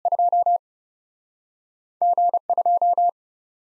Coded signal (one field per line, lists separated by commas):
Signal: Morse code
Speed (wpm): 41 wpm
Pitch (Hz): 700 Hz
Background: none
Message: 2 G 2